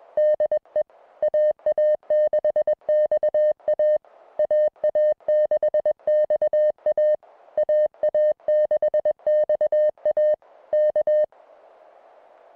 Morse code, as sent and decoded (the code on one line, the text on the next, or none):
-.. . / .- .- -.... -..- .- / .- .- -.... -..- .- / .- .- -.... -..- .- / -.-
DE AA6XA AA6XA AA6XA K